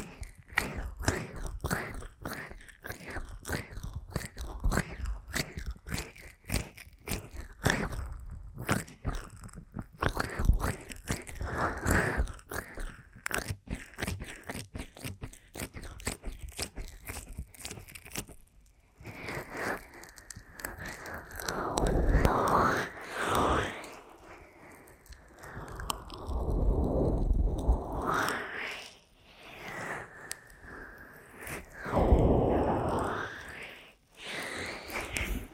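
Aggressive ear massage and tapping, opening with rapid, dense crunchy taps and scratches that run steadily for the first eighteen seconds. After that the sound turns into slower, swelling rubbing strokes with rising and falling muffled swishes, separated by brief quiet gaps.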